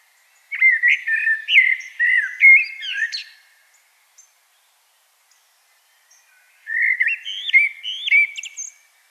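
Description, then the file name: Common blackbird song: two lengthy flute-like warbling phrases separated by a few seconds of silence, each with squeaky high flourishes. "Turdus merula"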